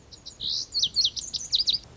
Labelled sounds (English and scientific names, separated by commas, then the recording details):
Lazuli Bunting (Passerina amoena)
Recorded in Sonoma County, California